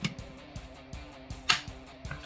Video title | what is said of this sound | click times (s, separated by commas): Fanhome Power Rangers Build A Megazord Issues 21 & 22 | There we go. Clicks into place there. | 1.5 s